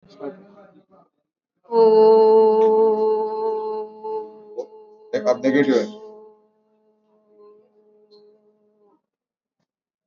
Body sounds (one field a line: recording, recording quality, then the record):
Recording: sustained vowel as in boot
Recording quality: moderate, slight background noise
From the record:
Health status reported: exposed to COVID-19, no respiratory illness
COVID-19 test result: not tested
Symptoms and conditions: none ticked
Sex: female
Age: 57 years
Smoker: not ticked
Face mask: not worn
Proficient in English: yes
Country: India